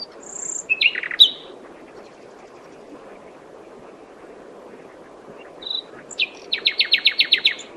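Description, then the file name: Common nightingale song: sharp whistled notes and a short buzzy burst, a pause, then a rapid series of about eight repeated notes over steady low background hiss. "Luscinia megarhynchos"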